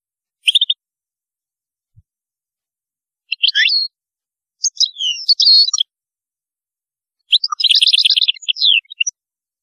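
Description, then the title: European goldfinch song in separate short phrases, tinkling chirps and buzzy trills spaced by short pauses, with a quiet background. "Chant Chardonneret"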